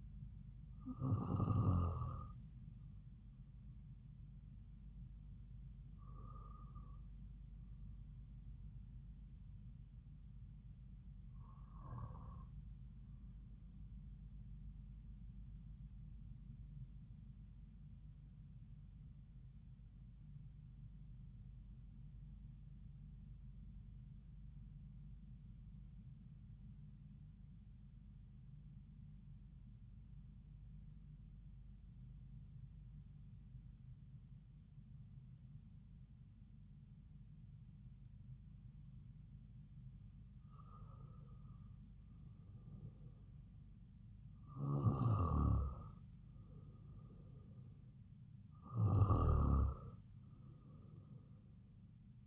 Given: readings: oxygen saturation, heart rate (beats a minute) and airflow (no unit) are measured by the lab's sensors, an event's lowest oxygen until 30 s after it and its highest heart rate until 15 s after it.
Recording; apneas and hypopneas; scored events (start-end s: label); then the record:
breathing in sleep by a smartphone at the bedside; 1
23.00-40.20 s: obstructive apnea (N2, oxygen 96% highest, then 92% lowest)
From the record:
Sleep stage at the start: N2 (light sleep); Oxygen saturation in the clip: 93 to 96%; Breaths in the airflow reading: 7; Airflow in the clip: -4.7 to 4.8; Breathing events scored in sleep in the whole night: 270 in 6.1 hours asleep